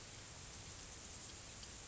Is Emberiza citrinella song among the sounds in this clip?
no